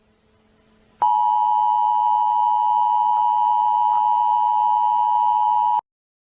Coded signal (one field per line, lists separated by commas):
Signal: Emergency Alert System (SAME) tones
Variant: 853 and 960 Hz attention tone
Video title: Eas scenario - Humanity vs alternates (doppelgängers)